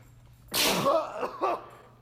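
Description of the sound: A sudden, forceful hissing burst with a voiced, vowel-like tail, then a briefer second burst about a second later. Together they form a single adult sneeze in a quiet indoor room.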